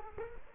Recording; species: mosquito wingbeat signal from an infrared sensor; Culex quinquefasciatus